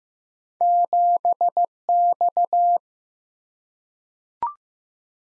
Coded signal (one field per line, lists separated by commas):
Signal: Morse code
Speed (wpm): 15 wpm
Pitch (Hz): 700 Hz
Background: none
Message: 7X